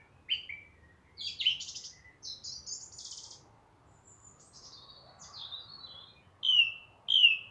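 Song thrush song with varied high scratchy and whistled phrases, ending in two loud ringing notes.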